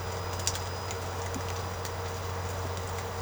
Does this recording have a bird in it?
no